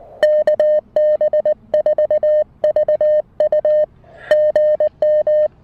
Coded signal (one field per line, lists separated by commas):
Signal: Morse code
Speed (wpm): 20 wpm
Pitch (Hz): 590 Hz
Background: music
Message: KB4VU GM